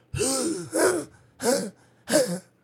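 An adult imitates a child's croup cough: a barking cough that sounds like a seal, heard as four harsh, hoarse bursts. The child had croup at about one and a half to two years old.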